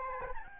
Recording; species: mosquito wingbeat signal from an infrared sensor; Aedes albopictus